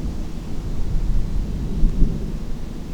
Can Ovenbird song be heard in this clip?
no